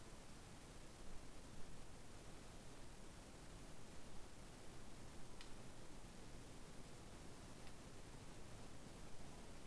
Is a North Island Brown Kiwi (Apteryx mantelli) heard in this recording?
no